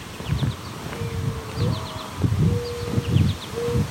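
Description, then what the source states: Mourning Dove song, low coos with one note sliding upward between drawn-out steady notes, while higher chirping birds call over rustling below. Heard cooing loudly during a walk.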